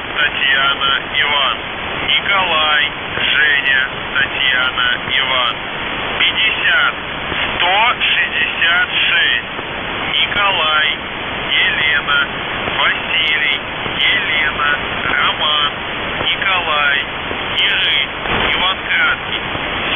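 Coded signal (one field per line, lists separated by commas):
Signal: coded military voice message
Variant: UVB-76, Russian voice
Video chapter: 02:43 - НЖТИ 50166 НЕВЕРНЫЙ 1745 1643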